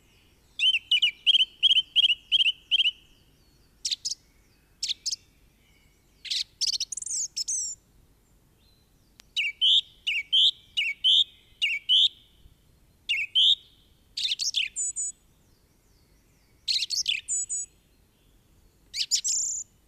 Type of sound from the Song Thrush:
song